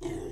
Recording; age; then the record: pig call; weaner (32 to 43 days)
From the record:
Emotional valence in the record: positive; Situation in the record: positive conditioning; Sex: female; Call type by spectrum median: low-frequency call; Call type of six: low-frequency stable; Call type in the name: low-frequency stable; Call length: 0.32 s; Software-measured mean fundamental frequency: 42 Hz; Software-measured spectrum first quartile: 262 Hz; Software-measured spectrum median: 387 Hz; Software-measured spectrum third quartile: 982 Hz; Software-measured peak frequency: 347 Hz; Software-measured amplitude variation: 123 dB a second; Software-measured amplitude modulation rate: 23.7 a second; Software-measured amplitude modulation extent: 5.2 dB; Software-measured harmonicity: 4.7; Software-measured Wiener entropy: -1.20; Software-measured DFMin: 1120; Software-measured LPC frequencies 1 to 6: 375, 2023, 3066, 3747, 5037, 6345 Hz